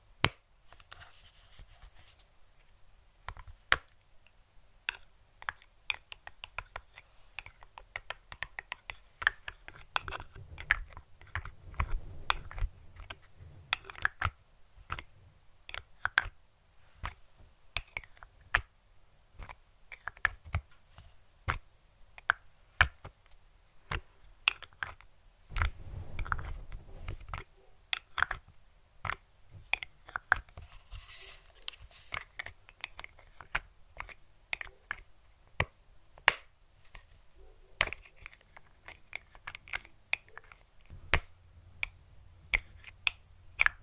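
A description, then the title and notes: Fluffy mic triggers: a dense, irregular run of crisp clicks and taps, like fingers brushing and tapping a fuzzy microphone cover, continuing throughout. Soft low rumbling swells come and go, notably around 11–13 and 25–27 seconds, beneath the bright scratchy ticks. TimASMR- ASMR ~BRAIN MELTING~ Fluffy Mic TRIGGERS (Scalp Massage, Brushing, No Talking).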